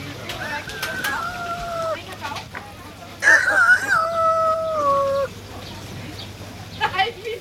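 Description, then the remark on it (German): A human voice mimics a rooster's crow twice as a farewell: two drawn-out, strained calls that start high and settle into a long held note, the second louder and longer, with a short pause between them. “Darf ich mich mit einem geziemenden Kikeriki verabschieden?”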